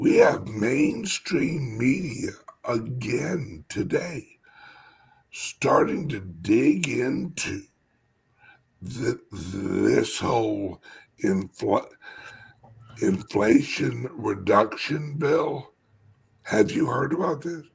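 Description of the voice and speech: A man who describes himself as having a speech impediment and stuttering speaks in bursts. He stretches the opening 'th' sound, then stalls in silent pauses mid-phrase before a part-word repeat ('in... inflation'). The prolongations, blocks and repetition are consistent with stuttering, a fluency disorder disrupting the flow of speech.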